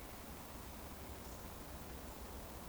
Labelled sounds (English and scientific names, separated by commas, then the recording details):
Eurasian Woodcock (Scolopax rusticola) whistle
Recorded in Baden-Württemberg, Germany, on 24 June 2020 at 19:29 UTC
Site 14569, 102 m above sea level